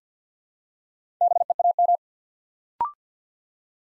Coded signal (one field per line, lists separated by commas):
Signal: Morse code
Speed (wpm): 50 wpm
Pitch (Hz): 700 Hz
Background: none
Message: BEAM